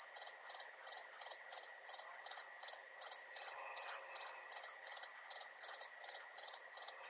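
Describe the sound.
Cricket giving a steady, regular series of shrill pulsed chirps, unchanging against a quiet background.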